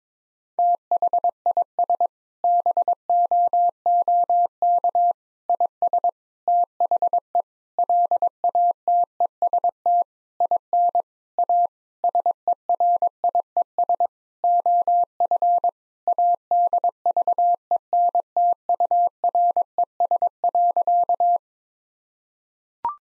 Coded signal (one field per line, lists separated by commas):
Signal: Morse code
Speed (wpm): 22 wpm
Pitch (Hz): 700 Hz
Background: none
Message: THIS BOOK IS THE LATEST IN A SERIES OF ADVENTURES.